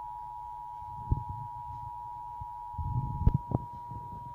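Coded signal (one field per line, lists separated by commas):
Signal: Emergency Alert System (SAME) tones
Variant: 853 and 960 Hz attention tone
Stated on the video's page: Amber Alert received on Xfinity cable.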